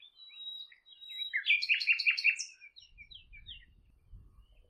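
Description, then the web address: Bird song opening with a thin whistle, then a quick series of rapid chirping notes, followed by low rumbling noise. "Bird Only"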